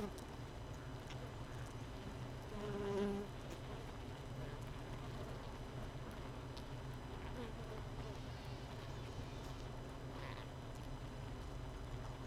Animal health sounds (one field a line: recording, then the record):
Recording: honeybee colony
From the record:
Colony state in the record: missing queen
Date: 31 May 2018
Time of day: 5:25